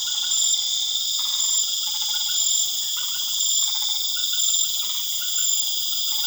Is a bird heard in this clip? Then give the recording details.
no. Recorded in pastures near Puerto Asís, Putumayo, Colombia, on 12 March 2025 at 21:00. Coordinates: 0.487, -76.322. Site G077